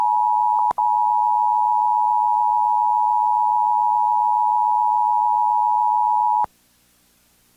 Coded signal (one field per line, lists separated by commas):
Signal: Emergency Alert System (SAME) tones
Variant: 853 and 960 Hz attention tone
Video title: Monthly EAS Tests from 9/6/23-9/7/23 (EAS #1,466-1,477)